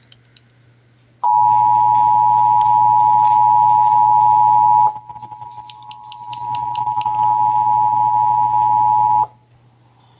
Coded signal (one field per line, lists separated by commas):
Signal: Emergency Alert System (SAME) tones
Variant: 853 and 960 Hz attention tone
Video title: (EAS #967-973) December 2025 Texas Required Monthly Test